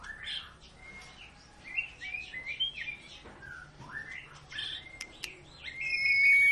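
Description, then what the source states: White-rumped shama song, a steady flow of varied whistled and chattering phrases, softer than the rest, with a sustained high whistle near the end. Lure recording of a white-rumped shama in long, continuous full song, used to prompt other birds to sing; 'gacor panjang' means prolonged nonstop singing.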